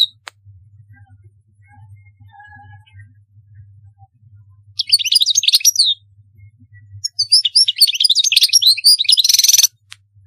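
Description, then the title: European goldfinch twittering song in two bursts after a quiet start, the second ending in a buzzy note; faint low hum throughout. "Chant Chardonneret"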